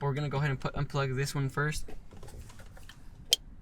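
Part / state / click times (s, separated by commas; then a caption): steering wheel wiring connector into its socket on the steering wheel / seated / 3.3 s. A plastic wiring connector for the steering wheel controls is pushed into its socket on an M Performance steering wheel being fitted to an E8X/E9X 135i, 335i or X1 35i, after another plug is unplugged. Someone talks for the first second and a half, followed by faint handling rustles. A single sharp, loud click at 3.3 s shows the connector seating fully.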